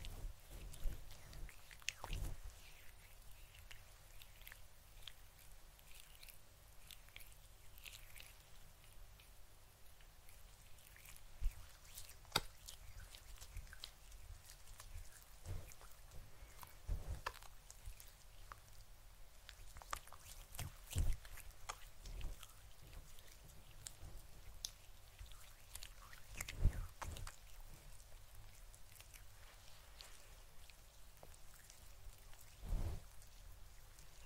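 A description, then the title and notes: Fluffy microphone triggers for a scalp massage: soft brushing and rubbing crackles against a low steady hush. Sharp scratchy taps and crinkly bursts come irregularly every second or two, with louder clusters near 12, 17, 21 and 27 seconds. Fluffy Mic TRIGGERS. Scalp Massage. No Talking.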